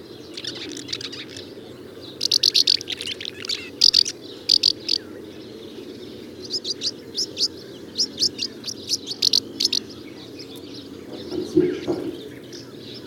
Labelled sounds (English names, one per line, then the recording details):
Common House Martin
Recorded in the wild
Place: Schönfeld, Brandenburg, DE
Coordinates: 53.396, 14.006
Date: 1993-05-16 17:44
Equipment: Nagra III BH, Sennheiser MD 21, parabola
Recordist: Schubert, Michael